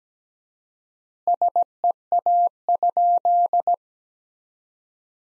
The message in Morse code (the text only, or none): SEA?